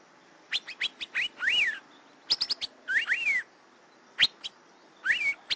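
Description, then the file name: Asian fairy-bluebird calls: clusters of quick chirps alternating with arched, rising-then-falling liquid whistles. "suara kacembang gadung"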